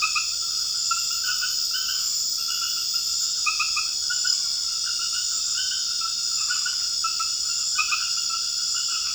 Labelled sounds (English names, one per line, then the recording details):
none
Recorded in secondary vegetation near Puerto Asís, Putumayo, Colombia, on 8 March 2025 at 22:30
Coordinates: 0.488, -76.319
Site G095